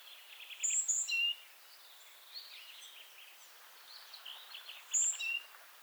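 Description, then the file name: Great tit calls: two phrases of high thin notes falling to a lower whistle, about four seconds apart, with softer chirping between. "Parus major"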